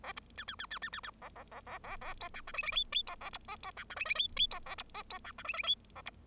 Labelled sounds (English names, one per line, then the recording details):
Bengalese Finch song
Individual Bird0